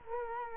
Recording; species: mosquito wingbeat signal from an infrared sensor; Culex quinquefasciatus